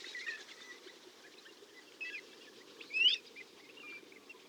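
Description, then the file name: Pacific golden plover giving a single clear rising whistled call over a low steady background hum. "azsiai pettyeslile hangja"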